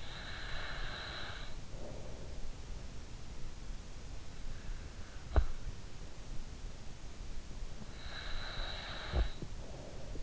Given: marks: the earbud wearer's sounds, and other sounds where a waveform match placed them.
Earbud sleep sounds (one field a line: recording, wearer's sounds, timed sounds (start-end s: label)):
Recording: sounds in sleep by an in-ear microphone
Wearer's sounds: snoring breath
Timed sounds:
0.00-2.56 s: snoring breath
8.21-10.23 s: snoring breath